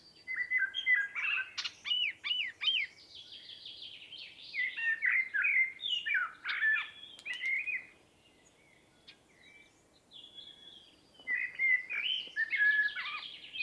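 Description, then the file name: Common blackbird delivering a series of fluty, warbling phrases with high twittered endings, a pause of a few seconds, then another melodious phrase. "Turdus merula"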